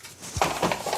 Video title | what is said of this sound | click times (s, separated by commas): Tineco Cordless Vacuum Cleaner Review | it just clicks into place like so | 0.4 s